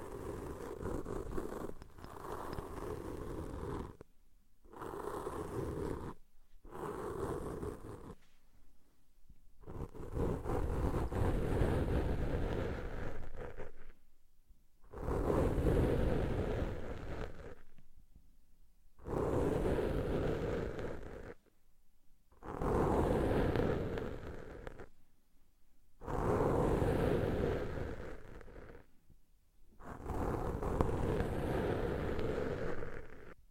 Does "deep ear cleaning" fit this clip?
yes